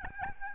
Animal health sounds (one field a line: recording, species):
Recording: mosquito wingbeat signal from an infrared sensor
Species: Aedes albopictus